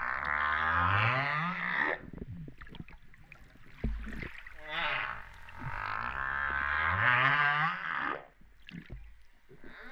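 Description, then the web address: Humpback whale song units: two long harmonic moans with low upsweeps beneath them, separated by scattered clicks and knocks. Recorded off Réunion on 13 September 2011 at 08:35:04. "autres sons cetaces BB Reunion 13-09-2011"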